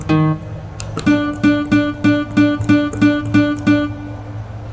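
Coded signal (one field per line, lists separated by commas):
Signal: none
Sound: music plugin sound notes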